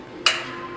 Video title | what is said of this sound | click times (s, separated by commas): MST Training Video (Unofficial) | You hear that click? That's in. | 0.3 s